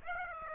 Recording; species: mosquito wingbeat signal from an infrared sensor; Aedes aegypti